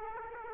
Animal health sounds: mosquito wingbeat signal from an infrared sensor; Aedes aegypti

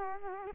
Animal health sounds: mosquito wingbeat signal from an infrared sensor; Culex quinquefasciatus

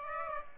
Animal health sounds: mosquito wingbeat signal from an infrared sensor; Aedes aegypti

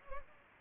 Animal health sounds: mosquito wingbeat signal from an infrared sensor; Culex pipiens

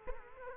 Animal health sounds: mosquito wingbeat signal from an infrared sensor; Culex quinquefasciatus

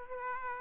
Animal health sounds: mosquito wingbeat signal from an infrared sensor; Aedes aegypti

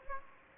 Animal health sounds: mosquito wingbeat signal from an infrared sensor; Anopheles gambiae

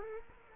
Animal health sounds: mosquito wingbeat signal from an infrared sensor; Culex quinquefasciatus

